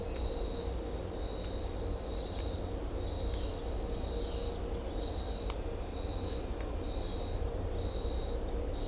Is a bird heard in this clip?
no